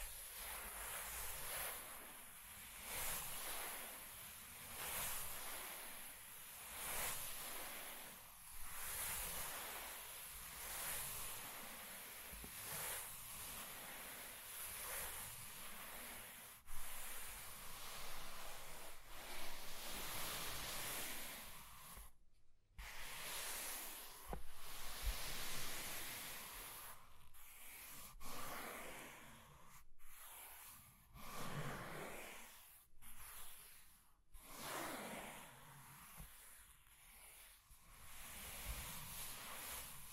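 Scratching and tracing sounds form a dense, rough rustle that runs almost without a break and swells and fades in slow strokes. A faint ticking runs through the first ten seconds. Short silent gaps break it near 22, 30, 33 and 34 seconds.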